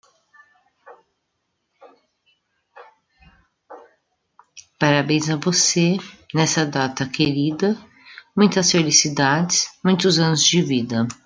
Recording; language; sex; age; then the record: short text; Brazilian Portuguese; female; 50 to 59 years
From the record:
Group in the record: control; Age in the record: 57 years